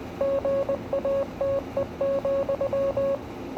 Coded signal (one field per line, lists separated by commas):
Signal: Morse code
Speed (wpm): 20 wpm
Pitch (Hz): 550 Hz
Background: none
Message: GATE,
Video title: Invictus in morse code